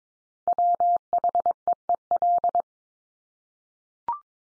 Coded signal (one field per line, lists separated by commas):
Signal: Morse code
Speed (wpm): 22 wpm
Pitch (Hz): 700 Hz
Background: none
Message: WHEEL